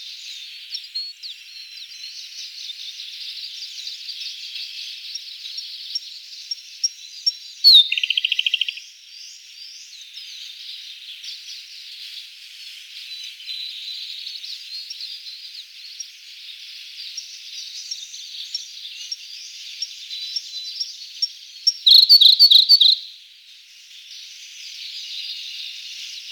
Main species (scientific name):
Luscinia cyane